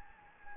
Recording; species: mosquito wingbeat signal from an infrared sensor; Anopheles gambiae